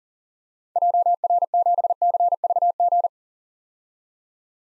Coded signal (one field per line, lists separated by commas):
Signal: Morse code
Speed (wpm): 40 wpm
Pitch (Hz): 700 Hz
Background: none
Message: JR7CVG